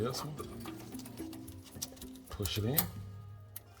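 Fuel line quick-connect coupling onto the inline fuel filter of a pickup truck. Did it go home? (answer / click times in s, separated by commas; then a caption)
yes / 3.6 s. Someone talks over background music while a fuel line quick-connect coupling is pushed onto the nipple of a new inline fuel filter on a Ford F150 pickup truck. A sharp snap at 3.6 s marks the coupling locking into place, fully seated.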